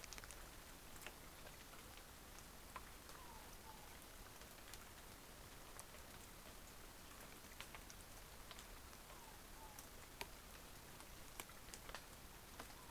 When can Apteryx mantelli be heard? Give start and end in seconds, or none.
none